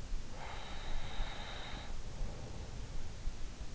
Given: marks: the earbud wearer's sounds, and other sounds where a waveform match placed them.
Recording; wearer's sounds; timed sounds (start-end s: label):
sounds in sleep by an in-ear microphone; breath
0.17-3.07 s: breath